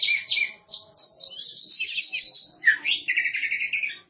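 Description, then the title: Oriental magpie-robin singing a long steady high whistle followed by a burst of chirps and a fast buzzy trill. Kacer song. "Suara Kicauan Burung Kacer"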